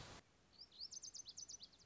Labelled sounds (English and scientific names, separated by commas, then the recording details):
Lazuli Bunting (Passerina amoena)
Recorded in Sonoma County, California